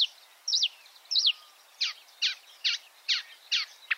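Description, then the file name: Marsh warbler giving a series of harsh, downslurred scratchy notes. "suara-kicauan-burung-marsh-warbler -omkicau"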